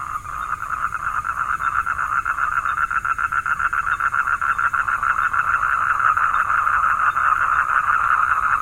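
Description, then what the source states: Frog calls, rapid pulsed croaks held at one steady mid pitch, continuous throughout with no pauses. Vietnam.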